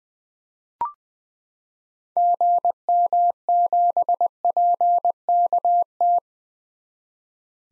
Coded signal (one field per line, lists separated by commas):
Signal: Morse code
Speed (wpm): 20 wpm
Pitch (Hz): 700 Hz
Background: none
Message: GM7PKT